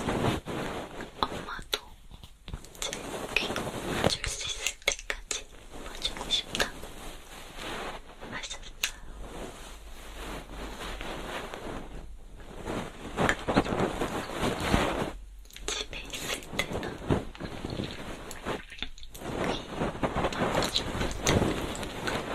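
Ear cleaning with a feather pick fills the clip with constant soft scratching and brushing, dense and crackly with quick irregular strokes. Brief near-silent gaps fall around 2, 5, 12, 15 and 19 seconds, and a faint steady whine sits high above the rustle.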